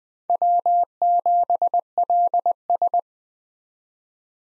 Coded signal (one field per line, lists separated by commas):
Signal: Morse code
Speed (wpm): 20 wpm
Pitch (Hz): 700 Hz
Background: none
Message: W7LS